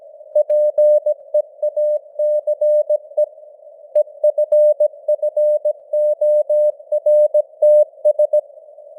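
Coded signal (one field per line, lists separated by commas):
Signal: Morse code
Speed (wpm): 17 wpm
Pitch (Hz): 600 Hz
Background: none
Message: PEACE EFFORTS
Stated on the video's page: Morse code news headlines at 17 wpm with simulated radio noise and varying signal strength (QSB).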